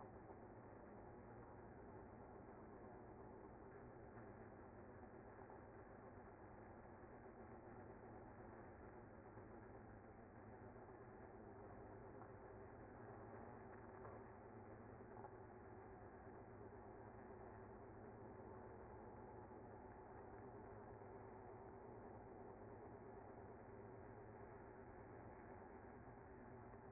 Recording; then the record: honeybee colony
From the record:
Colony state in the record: active